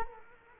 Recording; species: mosquito wingbeat signal from an infrared sensor; Culex quinquefasciatus